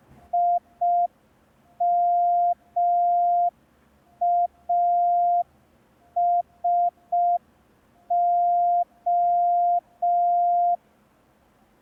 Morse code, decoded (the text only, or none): IMASO